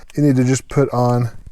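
Someone talks while handling the small plastic mounting clips supplied with a stereo dash kit for a 2013+ Ford Focus ST1, about to push them onto the prongs of the newly assembled airbag-light trim panel. Only speech is heard, with no sharp sounds, and nothing has clicked or seated yet.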